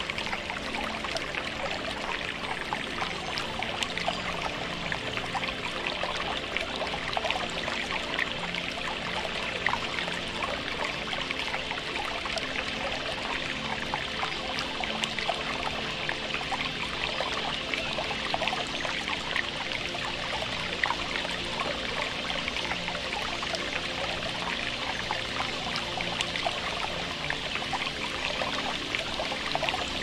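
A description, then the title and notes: A forest creek runs steadily, its dense, bright splashing and trickling holding an even level for the whole stretch. A Creek in a Small Forest.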